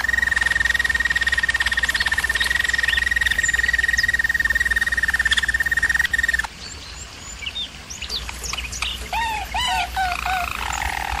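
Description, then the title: German Roller canary song: a long even high rolling trill for six seconds, then scattered whistles and bubbling notes; low hum throughout. Canary training recording of German Roller canary song. "German Roller Canary Singing - Canary Training"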